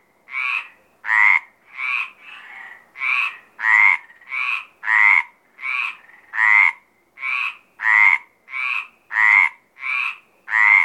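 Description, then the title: Mediterranean tree frog chorus of raspy croaks in a steady series, louder and quieter croaks alternating. Mediterranean tree frogs calling at Apt, Vaucluse, in April 2010. "Sylvain Jaskowiak - Animus. Rainettes méridionales - Apt, Vaucluse - avril 2010"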